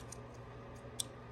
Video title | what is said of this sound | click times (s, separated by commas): $900 Dollar Honda Integra Gsr build, fixed oil leak and re pinned the vtec solenoid. | and you hear it click here click and then | 1.0 s